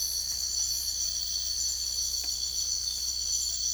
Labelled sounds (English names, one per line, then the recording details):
none
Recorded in secondary vegetation near Puerto Asís, Putumayo, Colombia, on 22 December 2024 at 05:00
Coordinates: 0.488, -76.319
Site GP04